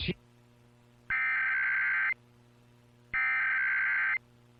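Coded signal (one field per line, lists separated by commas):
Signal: Emergency Alert System (SAME) tones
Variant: header bursts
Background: speech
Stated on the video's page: National EAS test heard on KRLD 1080 kHz AM, received on a Tecsun PL-380 and recorded with a Retekess V115.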